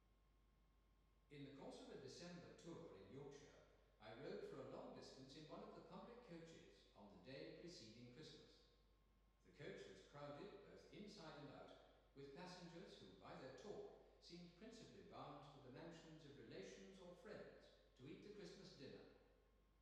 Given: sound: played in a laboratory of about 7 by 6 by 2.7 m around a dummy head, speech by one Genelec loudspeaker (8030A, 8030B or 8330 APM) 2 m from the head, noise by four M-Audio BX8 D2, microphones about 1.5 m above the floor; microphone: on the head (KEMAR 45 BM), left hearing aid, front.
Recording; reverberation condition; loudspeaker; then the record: male speech in English; high; 30 degrees to the right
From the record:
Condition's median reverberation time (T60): about 1300 ms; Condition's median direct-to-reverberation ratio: about -4.0 dB